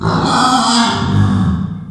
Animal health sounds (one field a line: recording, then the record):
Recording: squeal of a Yucatan mini pig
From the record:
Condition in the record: after surgery on the right vocal fold (resection and tissue-engineered implant)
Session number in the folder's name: 16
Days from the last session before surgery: 183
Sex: female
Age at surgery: 19 weeks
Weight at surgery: 25 kg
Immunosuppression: prednisolone